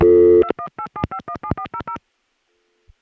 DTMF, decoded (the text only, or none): 2187517400